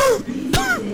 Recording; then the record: coughing mixed with background sound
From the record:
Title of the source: Coughing 51